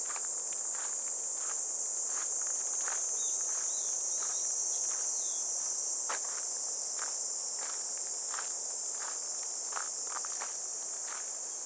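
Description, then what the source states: Cicada song is a constant high drone, joined by rhythmic footsteps. Cicadas heard on a morning walk along a riverbank path in clear, fresh air, heading toward a weir; their song gradually gives way to water falling over it.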